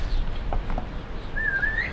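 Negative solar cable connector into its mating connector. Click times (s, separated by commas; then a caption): 0.5 s. The plastic housings of a negative solar cable connector are pushed into its mating connector until they latch, with a sharp click at 0.5 s followed by two fainter taps just after. A thin whistling, bird-like tone sounds from about 1.4 s to the end, and the connector is seated.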